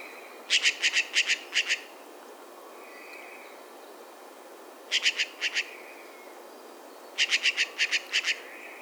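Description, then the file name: Eurasian jay rapid series of hard, clicking notes, given in three bursts of several notes with pauses of one and a half to three seconds between them. "Garrulus glandarius"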